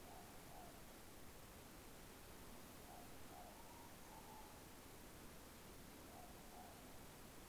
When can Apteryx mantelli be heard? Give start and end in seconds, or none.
none